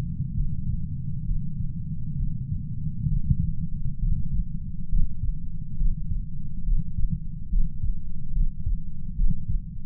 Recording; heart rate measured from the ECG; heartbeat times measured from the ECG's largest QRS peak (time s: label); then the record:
heart sounds by stethoscope; 68 bpm
0.33 s: heartbeat
1.24 s: heartbeat
2.15 s: heartbeat
3.07 s: heartbeat
3.98 s: heartbeat
4.87 s: heartbeat
5.76 s: heartbeat
6.63 s: heartbeat
7.48 s: heartbeat
8.32 s: heartbeat
9.14 s: heartbeat
From the record:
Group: healthy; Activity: Valsalva maneuver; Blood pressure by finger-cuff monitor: 87/47 mmHg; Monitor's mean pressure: 63 mmHg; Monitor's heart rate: 68 bpm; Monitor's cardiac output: 7 L/min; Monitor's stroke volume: 102 mL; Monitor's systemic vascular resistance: 670 dyn s/cm5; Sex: female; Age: 26 years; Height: 165 cm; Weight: 55 kg